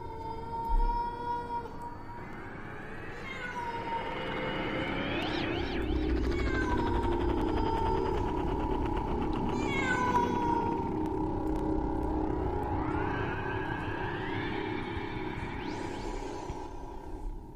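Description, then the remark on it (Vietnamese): A cat standing on top of a courtyard wall at night yowls mournfully in long, wavering cries that slide up and down in pitch, one drawn-out wail flowing into the next with no talking. “Đâu đó ở bên ngoài, người ta nghe tiếng con mèo đứng ở bên trên tường viện kêu lên những tiếng ai oán.”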